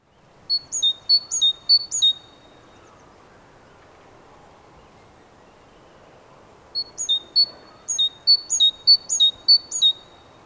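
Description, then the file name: Great tit giving two phrases of rhythmic, ringing figures of high and lower notes, repeated briskly, separated by several seconds of quiet background. "Parus major"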